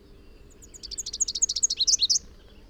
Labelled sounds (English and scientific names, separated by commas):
Rufous-capped Warbler (Basileuterus rufifrons) song